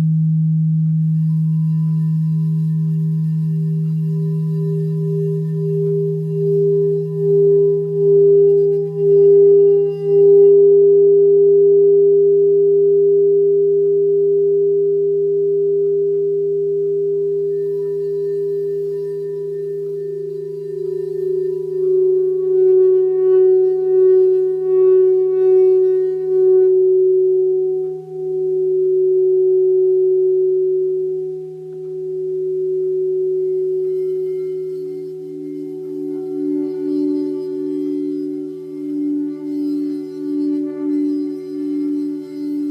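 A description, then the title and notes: Crystal bowls sing in steady, pure overlapping tones, one low and one higher, swelling and pulsing slowly, with a new bowl sounding near the end. Crystal Bowls Blessings. They were all raw recording out of smartphone, no post editing. Those recordings were collected between Mt Shasta and Sedona events.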